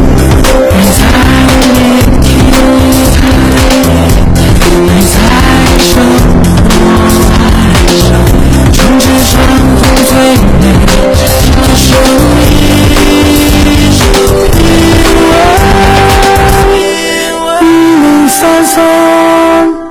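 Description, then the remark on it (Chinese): Loud go-kart racing engines roar and rev continuously, with high-pitched tire squeals cutting through near the end, in a radio advert for the Chengmei Sonic go-kart track on the underground level of Chengmei Auto City. No one speaks. “城美索尼克卡丁车带你撒把野，你就是上一个车王。”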